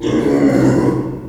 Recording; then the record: squeal of a Yucatan mini pig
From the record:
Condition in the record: before surgery on the right vocal fold (resection and tissue-engineered implant); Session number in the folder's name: 1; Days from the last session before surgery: -3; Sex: male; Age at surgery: 12 weeks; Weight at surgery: 13 kg